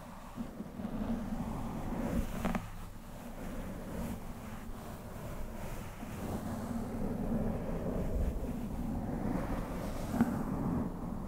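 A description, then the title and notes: A microphone being brushed, a dense, steady rustling rumble weighted toward the low end that swells and eases slightly throughout. Brief sharp taps stand out near 2.5 seconds and again around 10 seconds, with fainter knocks scattered between. ASMR Mic Brushing With Occasional Brush Tapping (no talking).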